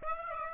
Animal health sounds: mosquito wingbeat signal from an infrared sensor; Aedes aegypti

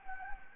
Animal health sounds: mosquito wingbeat signal from an infrared sensor; Anopheles gambiae

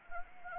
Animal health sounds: mosquito wingbeat signal from an infrared sensor; Anopheles arabiensis

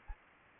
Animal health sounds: mosquito wingbeat signal from an infrared sensor; Anopheles gambiae

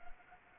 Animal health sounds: mosquito wingbeat signal from an infrared sensor; Anopheles arabiensis

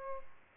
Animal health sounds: mosquito wingbeat signal from an infrared sensor; Aedes aegypti

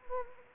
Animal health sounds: mosquito wingbeat signal from an infrared sensor; Anopheles arabiensis

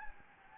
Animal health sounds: mosquito wingbeat signal from an infrared sensor; Anopheles gambiae

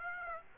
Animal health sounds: mosquito wingbeat signal from an infrared sensor; Aedes aegypti

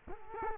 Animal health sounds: mosquito wingbeat signal from an infrared sensor; Culex quinquefasciatus

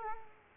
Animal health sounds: mosquito wingbeat signal from an infrared sensor; Culex quinquefasciatus

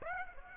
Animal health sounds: mosquito wingbeat signal from an infrared sensor; Aedes aegypti

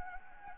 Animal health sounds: mosquito wingbeat signal from an infrared sensor; Anopheles arabiensis

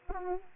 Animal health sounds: mosquito wingbeat signal from an infrared sensor; Anopheles arabiensis

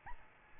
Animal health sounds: mosquito wingbeat signal from an infrared sensor; Aedes albopictus

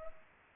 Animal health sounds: mosquito wingbeat signal from an infrared sensor; Culex pipiens

